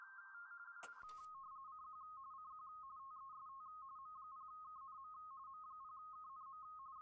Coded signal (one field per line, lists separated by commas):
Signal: RTTY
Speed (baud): 45.45 baud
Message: CQ CQ TEST M0KNM M0KNM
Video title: M0KNM - CQ WW RTTY Contest 2025 PT2 28/09/25